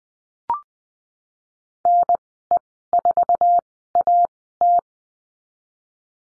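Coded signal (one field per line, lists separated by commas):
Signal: Morse code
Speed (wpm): 20 wpm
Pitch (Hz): 700 Hz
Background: none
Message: NE4AT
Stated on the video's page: Morse lesson drill on the letter R and call signs, sent at Farnsworth speed 20/10 wpm.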